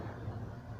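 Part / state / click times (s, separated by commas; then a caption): radiator cap into cooling system pressure tester adapter / not seated / none. A radiator cap is handled against the adapter of a cooling-system pressure tester pump, and only a steady low rumble around 100 Hz with broadband background noise is heard, with no sharp transients. The cap has not seated or clicked onto the adapter yet.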